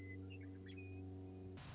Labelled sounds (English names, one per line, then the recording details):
Western Meadowlark
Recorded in Sonoma County, California